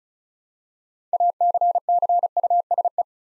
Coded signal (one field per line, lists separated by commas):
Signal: Morse code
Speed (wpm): 36 wpm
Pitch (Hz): 700 Hz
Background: none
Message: ACCUSE